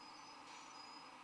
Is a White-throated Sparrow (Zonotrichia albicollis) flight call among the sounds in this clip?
no